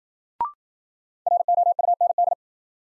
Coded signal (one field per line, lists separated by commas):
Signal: Morse code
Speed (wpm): 53 wpm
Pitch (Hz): 700 Hz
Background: none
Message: ROUND